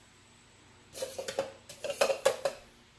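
A plastic juicing bowl assembly for a Tribest SlowStar juicer is lined up and turned on the juicer's motor base. Several small, sharp plastic handling knocks are heard at about 1.3, 1.4, 2.0, 2.3 and 2.5 seconds, with quiet gaps between them. The clip ends before the part goes home, so nothing has seated or clicked yet.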